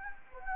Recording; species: mosquito wingbeat signal from an infrared sensor; Anopheles gambiae